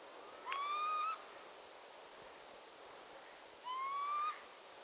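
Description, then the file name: Northern lapwing calls: two whistled, gently rising notes about three seconds apart, each roughly half a second long, with quiet hiss between them. "czajki"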